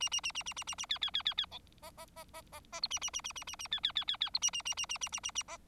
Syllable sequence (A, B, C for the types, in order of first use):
A A A A A A A A B B B B B C D D D D D D E A A A A A A A B B B B B E A A A A A A A A A D